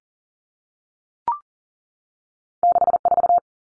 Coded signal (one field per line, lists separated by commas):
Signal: Morse code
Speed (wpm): 40 wpm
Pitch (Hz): 700 Hz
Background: none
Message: 64